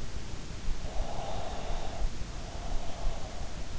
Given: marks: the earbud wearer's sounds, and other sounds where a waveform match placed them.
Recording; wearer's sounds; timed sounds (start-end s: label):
sounds in sleep by an in-ear microphone; breath
0.79-3.42 s: breath